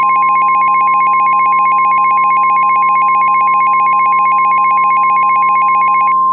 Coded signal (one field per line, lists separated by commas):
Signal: Emergency Alert System (SAME) tones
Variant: 1050 Hz attention tone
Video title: The Carolina Supercell (REMASTERED): EAS Scenario